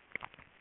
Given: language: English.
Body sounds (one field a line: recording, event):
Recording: throat vibration sensor signal played as sound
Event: swallow